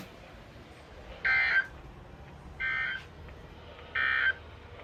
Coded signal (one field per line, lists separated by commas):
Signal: Emergency Alert System (SAME) tones